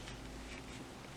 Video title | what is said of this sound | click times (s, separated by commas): Marvel Legends KINGPIN BAF Build A Figure Spider Man Wave 11 Figure Review & Ranking | again again no no click I always like it when I hear a click so I know that it's in there nice and tight | none